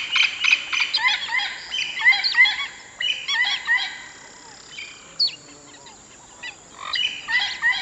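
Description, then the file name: Birds chattering loudly in dense bursts of bright, buzzy notes, quieter for a while late on before starting again, with faint chirps underneath. "Natural Sample Makers - Relaxing Birdsong"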